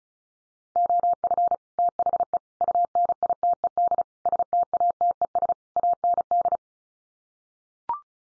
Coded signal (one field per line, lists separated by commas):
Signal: Morse code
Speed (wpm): 34 wpm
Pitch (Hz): 700 Hz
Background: none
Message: OF THE UNITED STATES AND